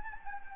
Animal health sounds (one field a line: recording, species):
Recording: mosquito wingbeat signal from an infrared sensor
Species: Anopheles gambiae